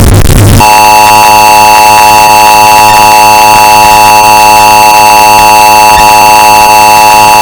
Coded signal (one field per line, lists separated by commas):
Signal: Emergency Alert System (SAME) tones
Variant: 853 and 960 Hz attention tone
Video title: Emergency Alert System [EAS] Sound Effect Bass Boosted Earrape (1 Hour)